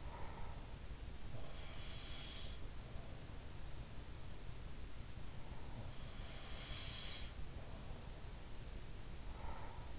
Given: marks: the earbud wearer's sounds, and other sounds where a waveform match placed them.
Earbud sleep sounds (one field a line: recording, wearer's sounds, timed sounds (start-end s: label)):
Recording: sounds in sleep by an in-ear microphone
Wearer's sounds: breath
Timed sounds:
0.00-0.66 s: breath
1.30-3.47 s: sound from someone else or the room
5.73-8.41 s: sound from someone else or the room
9.24-9.90 s: breath